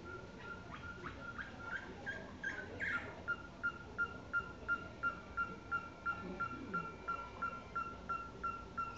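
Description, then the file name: Owl calling a long, very even run of short tooting notes, roughly three each second, over some scattered bird chirps near the start. "tecolote"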